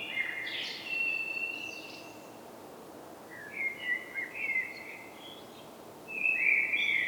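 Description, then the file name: Common blackbird giving a warbled phrase tipped with high squeaky notes, several short soft fluty notes, then another phrase; faint hiss throughout. "Turdus merula"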